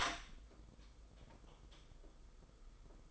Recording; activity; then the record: daily activity, microphone in the room; open door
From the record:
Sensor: 5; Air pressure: 990.6 hPa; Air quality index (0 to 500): 153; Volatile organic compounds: 185 ppm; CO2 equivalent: 4162 ppm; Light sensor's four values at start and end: 26/61/25/28 and 26/63/26/28